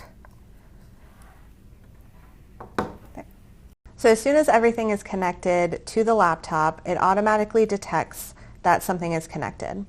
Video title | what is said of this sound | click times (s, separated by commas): cDAQ-T1100: Mini-Thermocouple Jack Connections + Lowest Cost Thermocouple Measurement Bundle | I'm G to plug it in and you'll hear a nice click there | 2.8 s